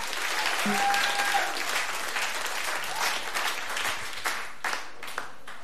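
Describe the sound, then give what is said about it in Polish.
A concert audience in the Agnieszka Osiecka studio of Polish Radio Program Three (Trójka) applauds loudly, dense steady clapping filling the whole stretch, with a brief whistle or cheer near the start and the clapping thinning slightly toward the end. “Szczerze powiedziawszy, nie przywykliśmy do tego, do takich oklasków, takiego żywiołowego przyjęcia nas na koncertach, także dzięki, jeszcze raz wielkie dzięki.”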